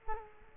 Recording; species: mosquito wingbeat signal from an infrared sensor; Culex quinquefasciatus